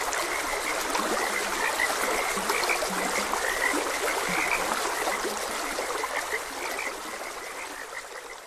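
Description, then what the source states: Frog chorus with rapid repeated croaks, lower-pitched calls early on, fading slightly toward the end amid gurgling water. Frogs croaking beside a gentle stream.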